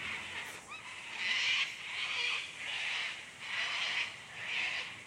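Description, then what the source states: Sulphur-crested cockatoo screeching: several harsh, raspy squawks. Gang of cockatoos calling after opening rubbish bins to scavenge, on a warm afternoon before bin day, in a suburb on Dharawal country south of Sydney.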